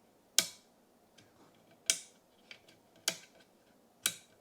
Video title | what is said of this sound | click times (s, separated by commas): Makita 36V 18V X2 7‑1/4” Circular Saw Review TESTED - XSH06 like XSH08 GSH01 GSH02 - Circ saw ep.2 | so you can actually hear it click right watch | 0.4 s, 1.9 s, 3.1 s, 4.1 s